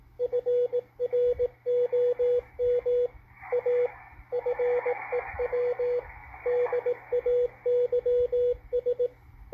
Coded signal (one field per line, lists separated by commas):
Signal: Morse code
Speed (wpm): 18 wpm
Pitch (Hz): 490 Hz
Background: radio noise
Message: FROM A FEW DAYS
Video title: GEOMAG FORECAST W1AW DECODE ON MALACHITE DSP SDR RECEIVER 5-10-2021